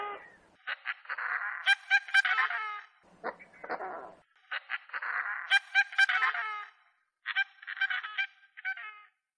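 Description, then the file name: Coscoroba swan uttering bursts of nasal, trumpet-like honks, each phrase a rapid string of notes lasting a few seconds, with a short rasping call after the first. "Canto do capororoca"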